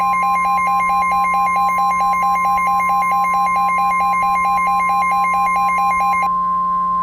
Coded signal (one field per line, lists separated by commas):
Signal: Emergency Alert System (SAME) tones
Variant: 1050 Hz attention tone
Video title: EAS Scenario: Cartoon Cat